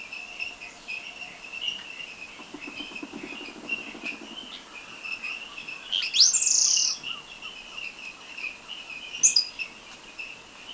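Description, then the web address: Yellow-bellied chat-tyrant giving thin, sharply upslurred high whistled calls, one around six seconds and a shorter one near nine seconds, over a steady insect drone. Recorded in Ecuador. "Birds of Ecuador. Yellow-bellied Chat-Tyrant"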